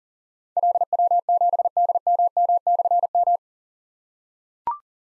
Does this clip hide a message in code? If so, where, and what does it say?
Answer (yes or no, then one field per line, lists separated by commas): yes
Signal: Morse code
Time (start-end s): 0.6-3.4 s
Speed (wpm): 37 wpm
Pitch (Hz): 700 Hz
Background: none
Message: LW7DMM/M